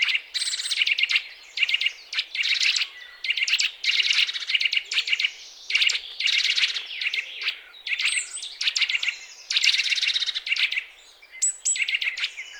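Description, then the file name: Eurasian nuthatch calls: hard, metallic notes strung into rapid bursts that follow one another closely, keeping up an excited rhythm throughout. "Sitta europaea"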